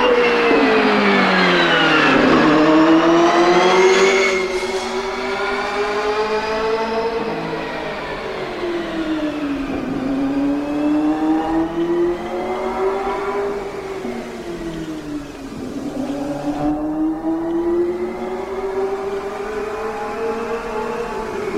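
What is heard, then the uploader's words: Turbocharged V8 IndyCar engines rage around the Phoenix oval, a continuous high-pitched whine that rises and dips in long sweeps as cars brake and accelerate. Pitch drops sharply near 2, 10 and 16 seconds, then climbs again, with a steady low rumble underneath. Pre-season testing for CART IndyCar Series teams at the one-mile Phoenix International Raceway oval where the glorious 2.65-liter turbocharged V8 engines rage.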